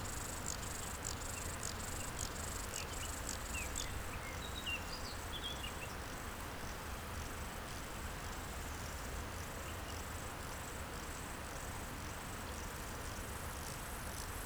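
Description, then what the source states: Bow-winged grasshopper stridulating in short rasping pulses, strongest over the first few seconds then fading, over a constant low hum and brief bird notes. Recorded beside the Nant Fourchu road in a meadow near the Chéran river, École, France; several singing grasshoppers with a few birds.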